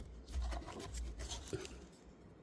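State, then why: Not seated. A Ford Explorer power liftgate strut's electrical connector is handled and pushed toward the vehicle harness plug, with rubbing and scraping handling noise and a brief sharp tap around 1.6 s. Nothing has seated or clicked yet; the connector is not home by the end of the clip.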